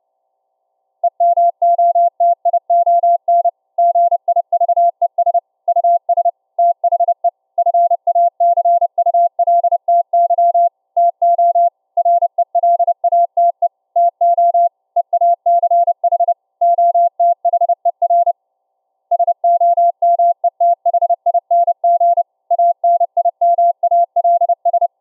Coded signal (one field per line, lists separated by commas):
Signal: Morse code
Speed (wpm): 31 wpm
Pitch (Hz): 690 Hz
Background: none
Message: EMOTION GIVES US THE FACULTY TO RELATE TO EACH OTHER SOMETHING ANIMALS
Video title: ULF CW Raspberry pi SDR Transmitter & Laptop SDR Receiver for TTE Radio Comms between Cave & Surface